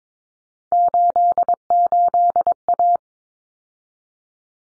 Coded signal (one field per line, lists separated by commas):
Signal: Morse code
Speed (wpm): 22 wpm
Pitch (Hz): 700 Hz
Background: none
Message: 88A